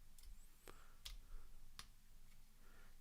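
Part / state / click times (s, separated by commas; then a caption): plastic leg tab into slot on action figure leg / seated / 1.1 s, 1.8 s. A plastic tab on a Transformers Voyager Siege Apeface action figure's leg part is pushed into the corresponding slot on the leg. Sharp clicks are heard at 1.1 s and 1.8 s, with fainter ticks around them. The tabs snap in and the part is seated, sitting firm.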